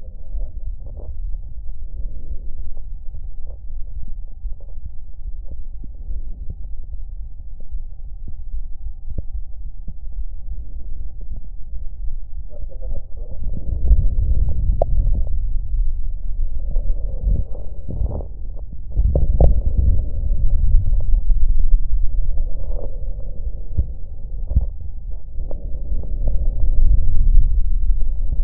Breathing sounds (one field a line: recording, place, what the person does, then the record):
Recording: lung sounds by stethoscope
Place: left anterior apical chest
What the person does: quiet breathing, then deep breathing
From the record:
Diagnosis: pulmonary infection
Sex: male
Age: 86 years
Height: 165 cm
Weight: 65 kg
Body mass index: 23.9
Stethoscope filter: extended mode